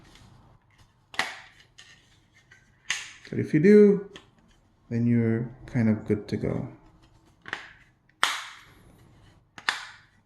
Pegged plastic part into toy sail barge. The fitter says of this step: You can hear the snapping, and now